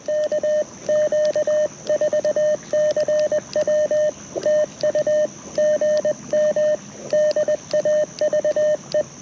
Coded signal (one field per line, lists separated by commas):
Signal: Morse code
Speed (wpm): 20 wpm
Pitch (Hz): 3050 Hz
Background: radio noise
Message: KQ4CW TU GM DAVE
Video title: Morse Code Monday #3 - QRP CW POTA Activation 07/24/2023 @ K-4451